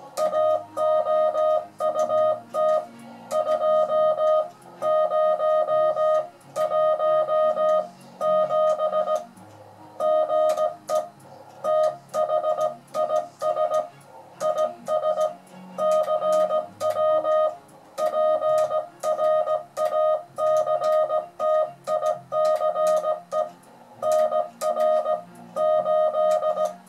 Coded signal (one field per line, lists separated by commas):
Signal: Morse code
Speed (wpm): 17 wpm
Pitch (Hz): 620 Hz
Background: music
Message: AOUT 2017 GE THIS IS CW PRACTICE NR 8